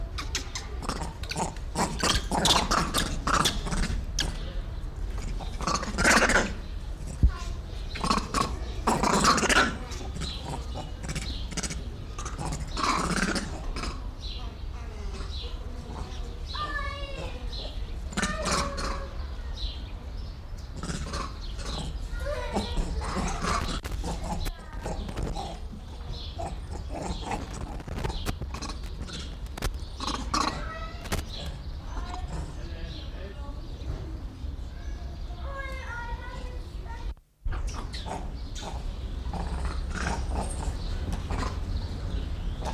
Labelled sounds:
Grivet

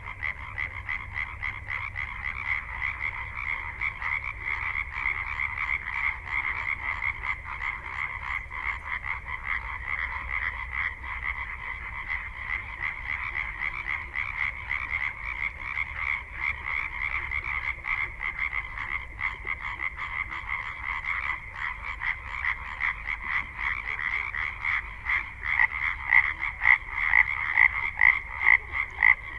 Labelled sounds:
Common Tree Frog call

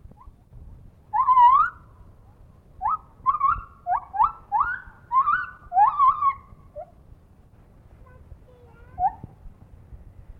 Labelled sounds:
Lar Gibbon

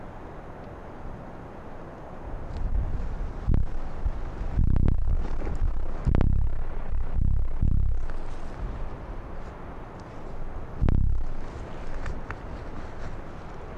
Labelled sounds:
Arctic Fox

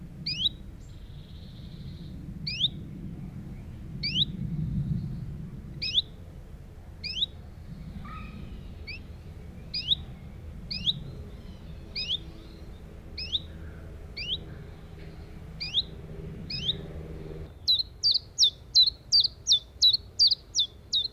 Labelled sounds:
Common Chiffchaff

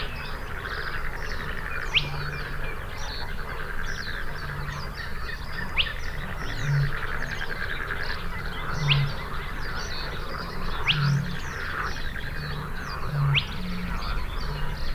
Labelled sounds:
Spotted Crake song

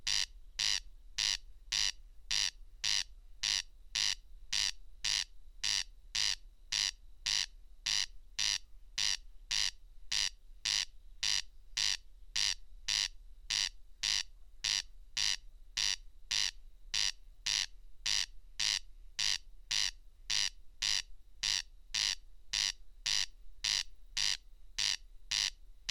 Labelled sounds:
Corn Crake song

